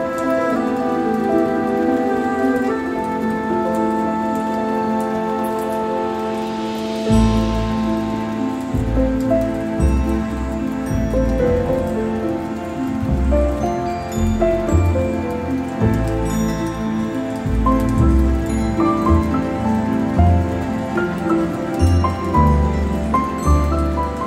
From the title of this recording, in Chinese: 鋼琴音樂配合雷雨的聲音